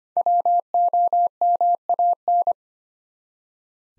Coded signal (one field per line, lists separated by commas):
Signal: Morse code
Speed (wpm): 25 wpm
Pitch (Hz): 700 Hz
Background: none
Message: WOMAN